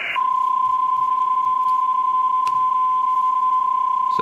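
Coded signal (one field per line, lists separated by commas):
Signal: PSK31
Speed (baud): 31.25 baud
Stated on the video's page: Elecraft K3 at home operated remotely through Ham Radio Deluxe over an internet audio and control link.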